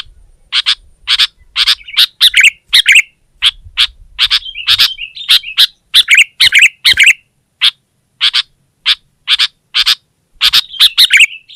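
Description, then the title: Sooty-headed bulbul producing a long run of sharp chips mixed with brief warbled flourishes. "kutilang"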